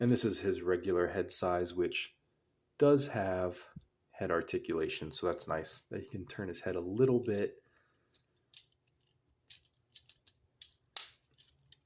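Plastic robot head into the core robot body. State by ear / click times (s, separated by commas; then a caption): seated / 10.6 s, 11.0 s. Someone talks about a small plastic toy robot's regular head, which is left on the core robot body once the combine-mode helmet is taken off. Speech fills the first 7.6 seconds, followed by quiet handling ticks. The head clicks into place with sharp clicks at 10.6 s and 11.0 s, and it is seated.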